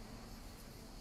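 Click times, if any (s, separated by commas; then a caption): none. A small twist-lock plug is handled at its socket on a vape box or station, just before being pushed in and given a quarter turn to lock. Only a steady broadband hiss with a low hum is heard, with no distinct transients. Nothing has seated or clicked yet.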